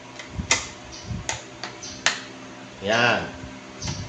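A plastic trim clip is felt around for its mounting hole, then pushed into it, with a few short sharp taps before it snaps into place at 2.1 s. Afterward someone talks, and the clip sits flush and locked in its hole.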